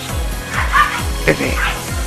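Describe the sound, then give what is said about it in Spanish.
Dogs bark in a short, uneven series of sharp yaps and whimpery yips, with two louder barks standing out above a steady low rumble. “Ahí tus perros.”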